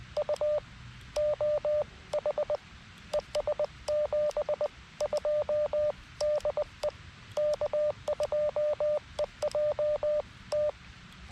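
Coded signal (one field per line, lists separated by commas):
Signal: Morse code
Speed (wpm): 16 wpm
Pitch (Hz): 590 Hz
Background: radio noise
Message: UOH ES 72 DE K2EJT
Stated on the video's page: CW portion of a park activation from Buttermilk Falls State Park, run on an FX-4CR transceiver.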